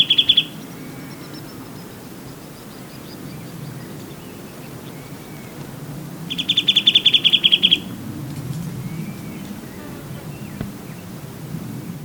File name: baeolophus wollweberi